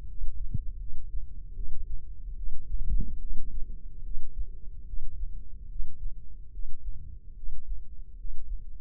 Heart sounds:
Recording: heart sounds by microphone in the left ear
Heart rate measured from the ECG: 74 bpm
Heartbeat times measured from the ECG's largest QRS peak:
0.07 s: heartbeat
0.79 s: heartbeat
1.55 s: heartbeat
2.35 s: heartbeat
3.19 s: heartbeat
4.02 s: heartbeat
4.85 s: heartbeat
5.67 s: heartbeat
6.51 s: heartbeat
7.34 s: heartbeat
8.16 s: heartbeat
From the record:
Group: healthy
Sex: female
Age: 19 years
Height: 163 cm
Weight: 51 kg

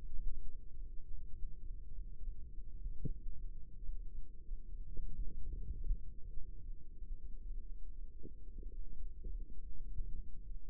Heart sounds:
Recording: heart sounds by microphone in the right ear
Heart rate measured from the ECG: 100 bpm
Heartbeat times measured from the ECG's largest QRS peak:
0.20 s: heartbeat
0.79 s: heartbeat
1.36 s: heartbeat
1.92 s: heartbeat
2.51 s: heartbeat
3.20 s: heartbeat
3.83 s: heartbeat
4.45 s: heartbeat
5.13 s: heartbeat
5.78 s: heartbeat
6.38 s: heartbeat
6.95 s: heartbeat
7.51 s: heartbeat
8.10 s: heartbeat
8.71 s: heartbeat
9.28 s: heartbeat
9.84 s: heartbeat
10.44 s: heartbeat
From the record:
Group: healthy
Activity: rest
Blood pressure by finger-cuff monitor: 120/59 mmHg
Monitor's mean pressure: 77 mmHg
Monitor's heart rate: 99 bpm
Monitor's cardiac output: 8.3 L/min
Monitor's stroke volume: 83 mL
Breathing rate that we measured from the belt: 24 breaths a minute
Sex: male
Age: 22 years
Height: 181 cm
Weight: 60 kg

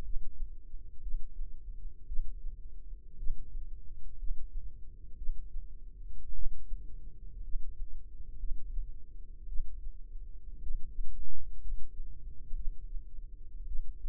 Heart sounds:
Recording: heart sounds by microphone in the left ear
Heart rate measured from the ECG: 57 bpm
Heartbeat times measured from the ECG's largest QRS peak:
0.04 s: heartbeat
1.02 s: heartbeat
2.07 s: heartbeat
3.18 s: heartbeat
4.18 s: heartbeat
5.17 s: heartbeat
6.34 s: heartbeat
7.43 s: heartbeat
8.39 s: heartbeat
9.47 s: heartbeat
10.62 s: heartbeat
11.61 s: heartbeat
12.55 s: heartbeat
13.67 s: heartbeat
From the record:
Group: healthy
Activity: rest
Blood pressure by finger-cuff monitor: 89/57 mmHg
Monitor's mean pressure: 67 mmHg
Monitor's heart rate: 57 bpm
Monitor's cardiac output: 4.5 L/min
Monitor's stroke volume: 79 mL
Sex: female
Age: 36 years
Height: 163 cm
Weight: 88 kg

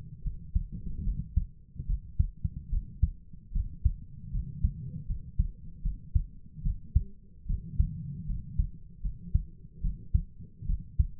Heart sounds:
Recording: heart sounds by stethoscope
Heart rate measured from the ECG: 75 bpm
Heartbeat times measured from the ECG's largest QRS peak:
0.24 s: heartbeat
1.05 s: heartbeat
1.87 s: heartbeat
2.70 s: heartbeat
3.53 s: heartbeat
4.32 s: heartbeat
5.08 s: heartbeat
5.83 s: heartbeat
6.63 s: heartbeat
7.47 s: heartbeat
8.27 s: heartbeat
9.03 s: heartbeat
9.82 s: heartbeat
10.67 s: heartbeat
From the record:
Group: healthy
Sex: female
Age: 22 years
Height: 160 cm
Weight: 63 kg

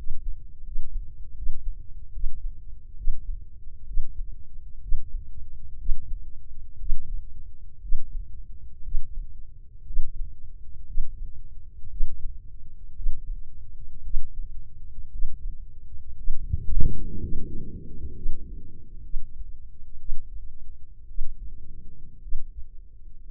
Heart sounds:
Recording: heart sounds by microphone in the left ear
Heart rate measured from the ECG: 61 bpm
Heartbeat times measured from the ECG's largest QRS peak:
0.63 s: heartbeat
1.34 s: heartbeat
2.11 s: heartbeat
2.95 s: heartbeat
3.85 s: heartbeat
4.80 s: heartbeat
5.77 s: heartbeat
6.78 s: heartbeat
7.80 s: heartbeat
8.82 s: heartbeat
9.85 s: heartbeat
10.85 s: heartbeat
11.88 s: heartbeat
12.94 s: heartbeat
14.02 s: heartbeat
15.10 s: heartbeat
16.15 s: heartbeat
17.18 s: heartbeat
18.14 s: heartbeat
19.02 s: heartbeat
19.97 s: heartbeat
21.06 s: heartbeat
22.20 s: heartbeat
23.22 s: heartbeat
From the record:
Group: healthy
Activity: breath hold 0-14 s, rest 14-23 s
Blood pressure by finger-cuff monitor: 122/79 mmHg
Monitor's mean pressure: 90 mmHg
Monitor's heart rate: 62 bpm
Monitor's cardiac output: 4.8 L/min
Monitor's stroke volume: 75 mL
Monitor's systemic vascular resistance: 1380 dyn s/cm5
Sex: female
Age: 23 years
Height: 160 cm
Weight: 50.4 kg

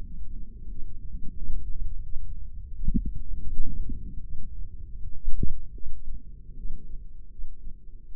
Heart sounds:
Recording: heart sounds by microphone in the left ear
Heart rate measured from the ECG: 82 bpm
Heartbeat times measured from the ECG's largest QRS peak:
0.04 s: heartbeat
0.69 s: heartbeat
1.35 s: heartbeat
2.04 s: heartbeat
2.75 s: heartbeat
3.51 s: heartbeat
4.22 s: heartbeat
4.95 s: heartbeat
5.74 s: heartbeat
6.56 s: heartbeat
7.29 s: heartbeat
8.06 s: heartbeat
From the record:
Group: healthy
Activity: cold pressor test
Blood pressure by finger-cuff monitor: 129/70 mmHg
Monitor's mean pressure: 90 mmHg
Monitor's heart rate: 78 bpm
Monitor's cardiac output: 8.1 L/min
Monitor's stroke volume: 96 mL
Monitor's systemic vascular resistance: 770 dyn s/cm5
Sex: female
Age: 22 years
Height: 154 cm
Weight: 58.7 kg

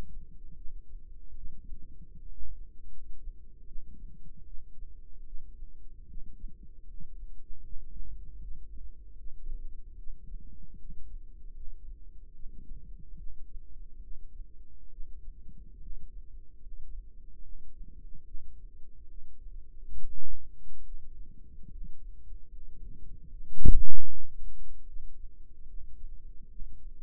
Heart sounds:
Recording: heart sounds by microphone in the right ear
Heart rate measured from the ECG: 74 bpm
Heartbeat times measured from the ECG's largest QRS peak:
0.53 s: heartbeat
1.33 s: heartbeat
2.14 s: heartbeat
2.89 s: heartbeat
3.64 s: heartbeat
4.42 s: heartbeat
5.23 s: heartbeat
6.05 s: heartbeat
6.85 s: heartbeat
7.61 s: heartbeat
8.38 s: heartbeat
9.15 s: heartbeat
9.95 s: heartbeat
10.76 s: heartbeat
11.52 s: heartbeat
12.31 s: heartbeat
13.14 s: heartbeat
13.99 s: heartbeat
14.88 s: heartbeat
15.77 s: heartbeat
16.59 s: heartbeat
17.40 s: heartbeat
18.23 s: heartbeat
19.06 s: heartbeat
19.92 s: heartbeat
20.81 s: heartbeat
21.68 s: heartbeat
22.48 s: heartbeat
23.29 s: heartbeat
24.06 s: heartbeat
24.84 s: heartbeat
25.65 s: heartbeat
26.47 s: heartbeat
From the record:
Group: healthy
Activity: rest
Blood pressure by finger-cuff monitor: 95/55 mmHg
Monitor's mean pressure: 70 mmHg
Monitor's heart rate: 75 bpm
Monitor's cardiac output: 6.8 L/min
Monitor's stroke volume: 90 mL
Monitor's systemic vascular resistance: 730 dyn s/cm5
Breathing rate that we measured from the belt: 13 breaths a minute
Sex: female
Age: 26 years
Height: 165 cm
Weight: 55 kg

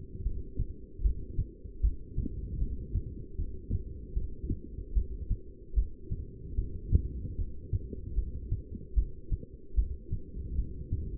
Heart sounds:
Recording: heart sounds by stethoscope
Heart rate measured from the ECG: 76 bpm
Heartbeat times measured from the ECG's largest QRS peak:
0.24 s: heartbeat
1.03 s: heartbeat
1.82 s: heartbeat
2.59 s: heartbeat
3.37 s: heartbeat
4.15 s: heartbeat
4.94 s: heartbeat
5.75 s: heartbeat
6.56 s: heartbeat
7.37 s: heartbeat
8.16 s: heartbeat
8.95 s: heartbeat
9.76 s: heartbeat
10.56 s: heartbeat
From the record:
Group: heart failure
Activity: rest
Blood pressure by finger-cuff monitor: 181/119 mmHg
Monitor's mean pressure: 137 mmHg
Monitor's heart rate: 76 bpm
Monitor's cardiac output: 7 L/min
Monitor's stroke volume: 93 mL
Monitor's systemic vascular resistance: 1470 dyn s/cm5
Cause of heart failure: non-ischemic cardiomyopathy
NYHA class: 1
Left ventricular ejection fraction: 62%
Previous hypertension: present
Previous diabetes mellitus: present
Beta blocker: bisoprolol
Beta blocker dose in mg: 10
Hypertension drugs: sacubitril-valsartan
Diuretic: furosemide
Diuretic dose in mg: 20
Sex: male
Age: 49 years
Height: 167 cm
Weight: 110 kg

